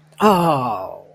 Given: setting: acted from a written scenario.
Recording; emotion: vocal sound without words; disappointment